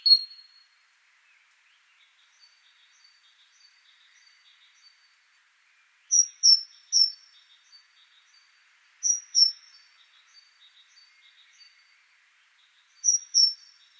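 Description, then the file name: Great tit calls: a run of three sharp high whistles, then two pairs spaced several seconds apart, with faint ticking notes in between. "Parus major"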